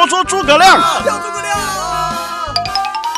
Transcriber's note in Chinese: 喊叫聲